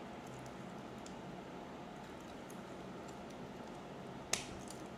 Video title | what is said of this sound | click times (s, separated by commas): Transformers Studio series 109 Concept art Megatron unboxing! Incredible details on robot mode! | There you go. Nice, satisfying snap. | 4.3 s